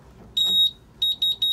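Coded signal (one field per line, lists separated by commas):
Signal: beep code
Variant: Suzuki outboard keyless system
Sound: one longer high electronic beep, a pause, then three quick short high beeps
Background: quiet room noise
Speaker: and we've got 3 beeps, and the 3 beeps it's not working.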